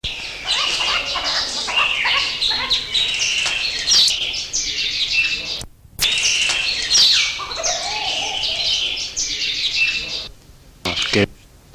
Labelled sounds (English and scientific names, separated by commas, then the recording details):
Western Plantain-eater (Crinifer piscator) call
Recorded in captivity
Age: adult
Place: Zoo Berlin, Berlin, DE
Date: 1986-02-07 10:08
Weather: sonnig, -10°C
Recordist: Tembrock, Günter
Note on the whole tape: Gelbschnabel-Lärmvogel (C.africana): zwei Exemplare - im Haus